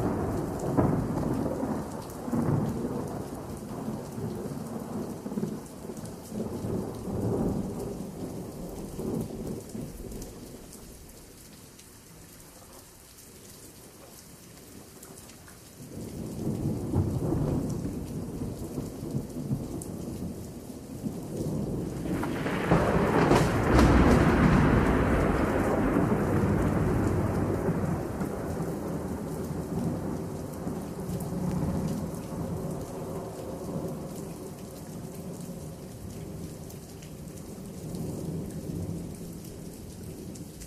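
Rolling thunder over steady rain. Low rumbles swell and fade through the first ten seconds, go quiet briefly, then return; a louder, brighter crack breaks around 22 seconds and rolls on for a long while. A thin, constant hiss of rain stays underneath throughout.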